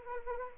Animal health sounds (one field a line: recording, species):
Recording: mosquito wingbeat signal from an infrared sensor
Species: Anopheles arabiensis